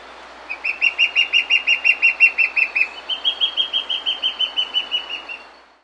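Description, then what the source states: White-backed fire-eye song: a fast series of many clear, evenly spaced whistled notes, shifting slightly higher in pitch midway through the phrase. South America.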